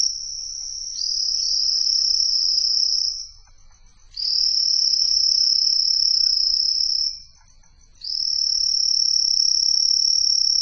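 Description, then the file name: Steineger's paddy frog giving long, high, insect-like buzzing trills separated by pauses of about a second, three trills in a row. "Micryletta steinegeri"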